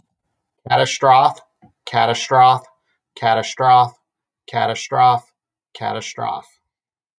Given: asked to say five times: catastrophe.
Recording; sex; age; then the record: repeated word; male; 30 to 39 years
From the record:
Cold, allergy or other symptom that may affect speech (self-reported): no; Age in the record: 37 years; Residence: Massachusetts, United States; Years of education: 16